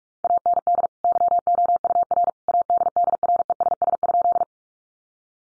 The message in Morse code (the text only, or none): AND YOUR ADDRESS?